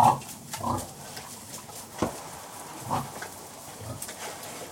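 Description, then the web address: Pigs grunting and snorting in short, irregular bursts, with a brief squeal at the start and scattered low grunts throughout. Several pigs inside pens; general atmosphere with lots of snorting, squealing and grunting. "Sound Effects-BBC Pigs. pens interior general atmosphere with lots of snorting squealing and grunting"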